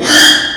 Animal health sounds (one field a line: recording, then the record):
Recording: squeal of a Yucatan mini pig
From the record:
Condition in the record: after surgery on the right vocal fold (resection and tissue-engineered implant)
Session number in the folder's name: 3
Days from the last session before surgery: 33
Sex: male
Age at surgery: 12 weeks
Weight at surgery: 13 kg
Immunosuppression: cyclosporine, prednisolone